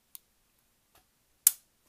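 The plier head of a Craftsman LED multitool is swung out into the handle and locks in place with a sharp, loud snap at 1.5 s, confirming the pliers are engaged. Before that, a small click at 0.2 s and a fainter one near 1.0 s come from the scissors bumping against the blade.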